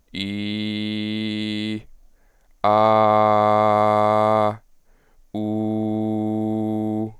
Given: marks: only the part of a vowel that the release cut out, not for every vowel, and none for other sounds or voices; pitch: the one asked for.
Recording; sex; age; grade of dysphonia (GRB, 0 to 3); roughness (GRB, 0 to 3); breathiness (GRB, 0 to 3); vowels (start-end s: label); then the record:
sustained vowels; male; 20 to 29 years; 0; 0; 0
0.23-1.70 s: vowel /i/, low pitch
2.73-4.42 s: vowel /a/, low pitch
5.42-6.99 s: vowel /u/, low pitch
From the record:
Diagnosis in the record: healthy voice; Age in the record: 22 years